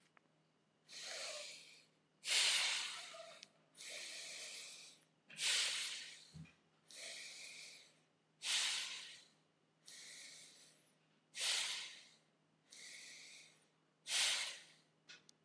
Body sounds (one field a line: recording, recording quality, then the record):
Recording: deep breathing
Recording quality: excellent, no background noise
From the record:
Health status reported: healthy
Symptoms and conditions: none ticked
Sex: male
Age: 26 years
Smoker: not ticked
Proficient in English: yes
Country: India